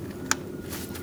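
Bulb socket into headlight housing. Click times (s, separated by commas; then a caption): 0.3 s. A bulb in its plastic socket is inserted into the headlight housing of a 2000–2006 Mini Cooper 1.6L L4 and twisted to lock. A single sharp click sounds at 0.3 s over a quiet background, and the socket is seated.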